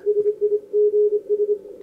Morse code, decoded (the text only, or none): SIGS